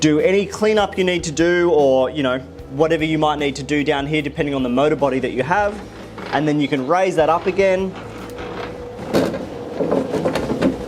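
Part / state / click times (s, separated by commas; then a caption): dust box latching under a router table top / not seated / none. Someone talks while the dust collection box of a router table is handled, about to be raised back up under the cast-iron top where it engages on locating pins and locks with quick-release latches. Faint handling noises and a short knock near 10.4 s are heard at the end, but nothing has seated or clicked yet.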